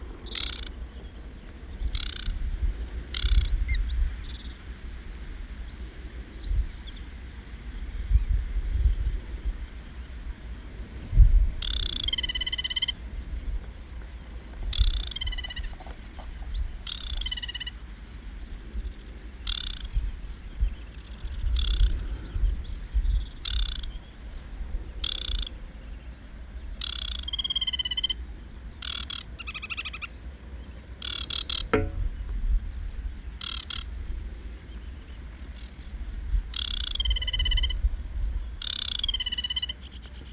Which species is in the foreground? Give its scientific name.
Acrocephalus paludicola